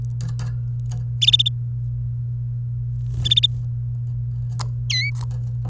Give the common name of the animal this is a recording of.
Domestic Canary